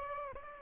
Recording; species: mosquito wingbeat signal from an infrared sensor; Aedes aegypti